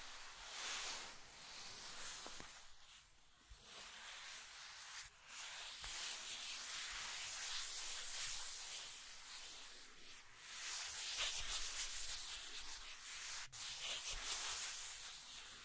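Scratching and tracing sounds, a dry, bright rubbing that rises and falls in long strokes, with only brief dips in between. The texture stays dense and airy throughout, like sanding, with a few sharp clicks near 2.5, 5 and 13.5 seconds.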